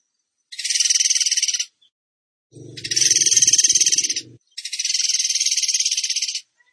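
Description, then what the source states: Bird song: three rapid, buzzy trills of even high pulses, each over a second long. A low rumbling noise accompanies the middle trill. Masteran training song of a singing bird in the tembakan gacor style.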